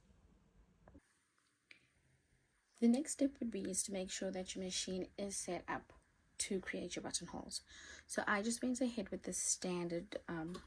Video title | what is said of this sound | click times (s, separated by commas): First button down - buttons -buttonholes- simplicity L9700 #diymom #sewingtime #sewingtutorial #sew | and then a little click | 0.9 s, 1.7 s